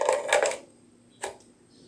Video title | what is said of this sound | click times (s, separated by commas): Tactical Impulse LE-1 Vs. SureFire R1 Lawman | light does lock into place and it's kept very secure so the cradle charger is suitable for mobile application | 0.3 s